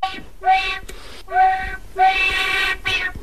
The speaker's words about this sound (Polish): Dziwnie brzmiało, to była muzyka gwiazd. To był wbrew pozorom pociąg, z tym, że zmieniony nieco elektronicznie.